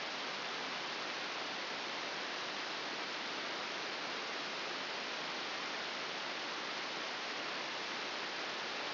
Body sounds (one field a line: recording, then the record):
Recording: brain microelectrode recording played as sound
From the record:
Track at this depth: inside the subthalamic nucleus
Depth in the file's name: 1.1 mm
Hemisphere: left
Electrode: 2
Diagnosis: Parkinson's disease